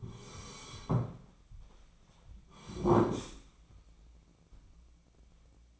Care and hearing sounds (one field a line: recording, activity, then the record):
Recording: daily activity, microphone in the room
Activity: sit down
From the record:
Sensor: 1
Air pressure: 1009.3 hPa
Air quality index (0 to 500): 176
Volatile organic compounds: 3 ppm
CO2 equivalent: 1480 ppm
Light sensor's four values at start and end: 43/113/47/56 and 46/122/50/60